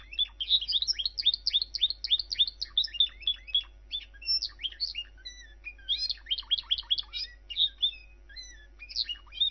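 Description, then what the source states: Bird song, a dense run of rapid, varied chirps and twittering notes, high-pitched and continuous with brief pauses, over a faint low hum. Training audio for songbirds.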